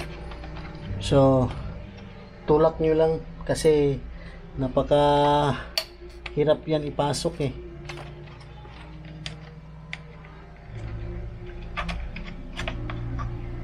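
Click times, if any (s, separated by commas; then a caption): 9.3 s, 9.9 s. A plastic headlight lens for a Mio Soulty motorcycle is pushed into its headlight housing, which is very hard to insert, while someone talks over music. Two sharp clicks sound at 9.3 s and 9.9 s, and the lens is seated in the housing.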